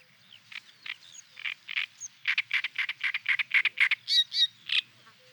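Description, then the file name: Great reed warbler singing loud rasping, frog-like croaks in a fast rhythmic series, mixed with a few higher whistled notes, over faint low background noise. "Trastsångare"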